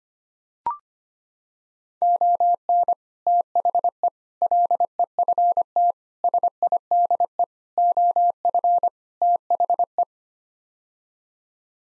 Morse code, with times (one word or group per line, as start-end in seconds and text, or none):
2.0-2.9 ON
3.3-4.1 THE
4.4-5.9 LEFT
6.2-7.4 SIDE
7.8-8.9 OF
9.2-10.0 THE